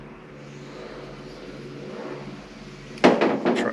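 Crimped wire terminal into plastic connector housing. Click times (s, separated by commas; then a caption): 3.0 s. A crimped wire terminal from the turn signal switch harness of a 1982 Ram D150, with its retaining ears trimmed, is pushed into a plastic connector housing. After a low steady hum, the terminal locks into the housing with a sharp click at 3.0 s, followed by a few more short clicks and rattles. Someone then talks.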